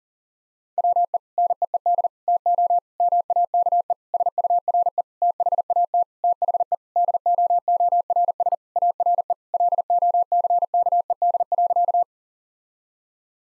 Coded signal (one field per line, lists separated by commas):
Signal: Morse code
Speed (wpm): 40 wpm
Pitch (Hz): 700 Hz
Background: none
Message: WE NEED TO MAKE SURE THAT THE DOORS ARE LOCKED.